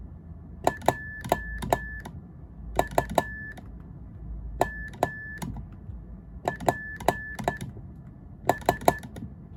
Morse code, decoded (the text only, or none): JUMPS